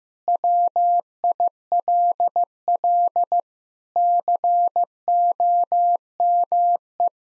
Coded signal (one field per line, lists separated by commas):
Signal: Morse code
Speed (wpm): 15 wpm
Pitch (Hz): 700 Hz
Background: none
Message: WILL COME